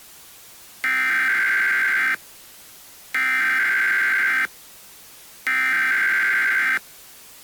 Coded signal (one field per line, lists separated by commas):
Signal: Emergency Alert System (SAME) tones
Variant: header bursts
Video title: EAS Scenario - Rainier